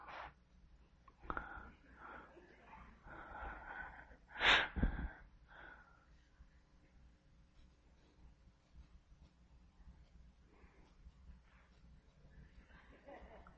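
A sleeping adult man with obstructive sleep apnea: noisy, irregular breaths build to one loud, explosive snort, then fall to near quiet with only faint breath sounds. He is not breathing while his chest and abdominal walls keep moving against the blocked airway, until he generates enough pressure to overcome the obstruction and lets out a big resuscitative snort.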